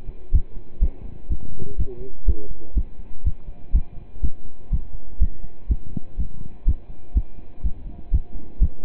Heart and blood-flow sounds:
heart sounds by stethoscope; between the tricuspid and mitral areas; 123 bpm
0.33 s: heartbeat
0.81 s: heartbeat
1.30 s: heartbeat
1.78 s: heartbeat
2.27 s: heartbeat
2.76 s: heartbeat
3.25 s: heartbeat
3.74 s: heartbeat
4.23 s: heartbeat
4.71 s: heartbeat
5.21 s: heartbeat
5.70 s: heartbeat
6.18 s: heartbeat
6.67 s: heartbeat
7.15 s: heartbeat
7.64 s: heartbeat
8.12 s: heartbeat
8.61 s: heartbeat
From the record:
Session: pedaling a stationary bicycle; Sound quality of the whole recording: partially saturated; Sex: male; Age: 27 years

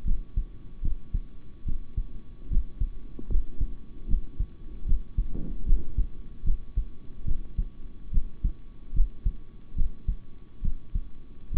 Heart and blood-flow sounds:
heart sounds by stethoscope; between the tricuspid and mitral areas; 73 bpm
0.04 s: heartbeat
0.82 s: heartbeat
1.65 s: heartbeat
2.49 s: heartbeat
3.28 s: heartbeat
4.07 s: heartbeat
4.85 s: heartbeat
5.65 s: heartbeat
6.44 s: heartbeat
7.25 s: heartbeat
8.11 s: heartbeat
8.93 s: heartbeat
9.75 s: heartbeat
10.62 s: heartbeat
11.51 s: heartbeat
From the record:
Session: rest, sitting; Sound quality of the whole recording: good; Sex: male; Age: 26 years

